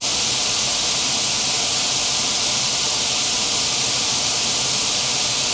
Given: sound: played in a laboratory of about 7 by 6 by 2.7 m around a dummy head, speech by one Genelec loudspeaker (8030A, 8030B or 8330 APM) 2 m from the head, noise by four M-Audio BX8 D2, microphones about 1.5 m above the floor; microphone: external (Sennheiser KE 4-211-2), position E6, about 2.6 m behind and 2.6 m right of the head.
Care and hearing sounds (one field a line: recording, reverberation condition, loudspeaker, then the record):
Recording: white noise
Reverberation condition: medium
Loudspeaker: four, about 170 cm from the corners of the room and facing them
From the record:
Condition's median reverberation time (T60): about 510 ms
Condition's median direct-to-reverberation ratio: about -0.5 dB